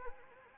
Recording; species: mosquito wingbeat signal from an infrared sensor; Anopheles arabiensis